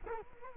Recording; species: mosquito wingbeat signal from an infrared sensor; Culex quinquefasciatus